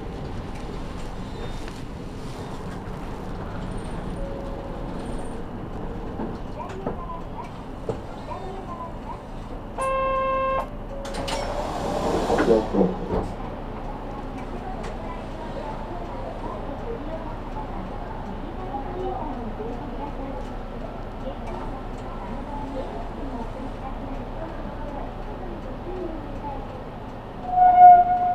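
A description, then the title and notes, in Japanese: Inside a city bus as passengers keep boarding, the engine hums low and steady beneath murmured voices. Around ten seconds a chime sounds, quickly followed by a short hiss like the doors working, and a louder clunk comes right at the end. 西肥バス 弓張岳展望台→佐世保駅。続々と佐世保市内に向かう人が乗ってきます。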